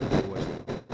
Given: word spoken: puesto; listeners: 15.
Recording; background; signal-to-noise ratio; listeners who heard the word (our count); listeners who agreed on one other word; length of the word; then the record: one Spanish word in noise, from a listening test; noise modulated by one talker; -8.1 dB; 5 of 15; 6 of 15; 0.54 s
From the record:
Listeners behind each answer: 6, 5, 2, 1, 1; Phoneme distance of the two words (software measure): 14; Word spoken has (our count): 2 syllables, 6 phonemes, stress on syllable 1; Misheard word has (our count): 2 syllables, 4 phonemes, stress on syllable 1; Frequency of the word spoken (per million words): 217.97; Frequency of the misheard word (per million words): 19.06